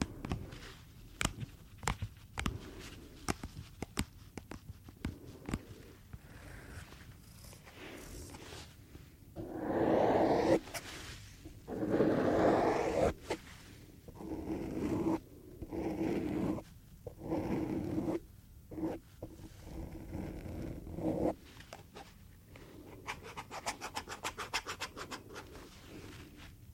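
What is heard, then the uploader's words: Gloves being handled, crinkling and snapping, with sharp ticks and scratches scattered throughout. From about ten to twenty-one seconds the rubbing turns denser and louder in rough bursts, including a couple of squeaky stretches, before thinning back to quick clicks and light rustling. ASMR - Super Tingly Glove Sounds - Latex Gloves, Cleaning Gloves, No Talking.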